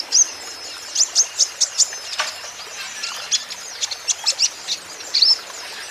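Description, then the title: Van Hasselt's sunbird song of crisp, very high chirps, some in quick series of several notes, with scratchy twitters. Young green-plumaged (ijoan) konin singing constantly (gacor), used as lure and therapy for untrained caged konin so they answer back. "KOLIBRI NINJA KONIN IJOAN GACOR COCOK UNTUK PANCINGAN TERAPI KONIN BAHAN PASTI NYAUT"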